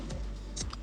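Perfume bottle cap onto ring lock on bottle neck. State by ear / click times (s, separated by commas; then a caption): seated / 0.7 s. The metal cap of a Zimaya Ramsh 100ml EDP perfume bottle is pushed shut onto the ring lock at the bottle's neck. After a softer tick near 0.1 s, a short, sharp click at 0.7 s marks the cap seating on the locking ring.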